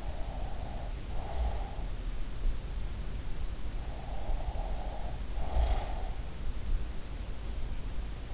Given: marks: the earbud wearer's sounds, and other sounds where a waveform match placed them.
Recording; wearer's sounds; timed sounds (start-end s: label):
sounds in sleep by an in-ear microphone; breath
0.00-1.85 s: breath
3.86-6.14 s: breath